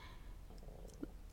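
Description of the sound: A low, gurgling rumble lasts about a second, deep and muffled with no voice over it. It is an ordinary stomach growl (borborygmi) from gas and fluid moving through the gut, a common normal sound when hungry.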